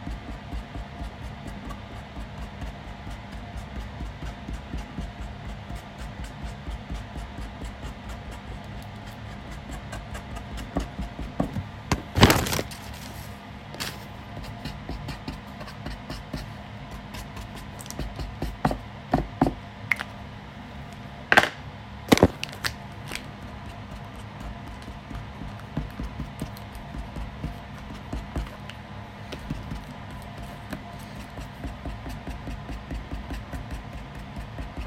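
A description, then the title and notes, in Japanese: Drawing, with a steady low hum running underneath throughout. Small ticks and taps come now and then, with a cluster of sharper clicks and knocks around twelve seconds and again near nineteen to twenty-two seconds, before it settles back to quiet tapping. お絵描き。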